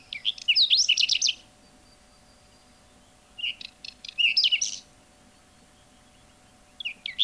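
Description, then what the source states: Whinchat song: brief rapid bursts of scratchy, chattering notes mixed with clear whistles, repeated after pauses of about two seconds. Field recording from Finland, released on cassette in 1987.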